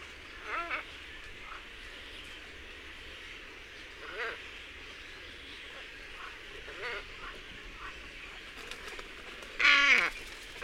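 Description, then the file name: Glossy ibis giving harsh, grunting calls at about 0.7, 4.2 and 7 seconds, then a louder croak near the end, over steady background noise. "IBIS FALCINELLE"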